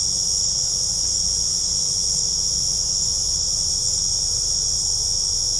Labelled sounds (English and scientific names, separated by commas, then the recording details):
none
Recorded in pastures near Puerto Asís, Putumayo, Colombia, on 18 December 2024 at 19:30
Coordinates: 0.497, -76.327
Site G088